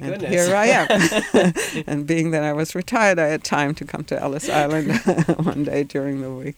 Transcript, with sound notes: And here I am! (they laugh) Being that I was retired, I had time to come to Ellis Island one day during the week.